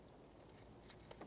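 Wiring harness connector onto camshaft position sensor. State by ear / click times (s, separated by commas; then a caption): not seated / none. A wiring harness connector is being handled onto a new camshaft position sensor on a 2011-2020 Toyota Sienna. Over a steady low background, faint short handling ticks are heard near 0.9, 1.1 and 1.2 seconds. The clip ends before the connector goes home, so nothing has seated or clicked yet.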